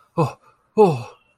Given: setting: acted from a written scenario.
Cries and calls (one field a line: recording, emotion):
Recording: vocal sound without words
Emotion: relief